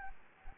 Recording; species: mosquito wingbeat signal from an infrared sensor; Anopheles gambiae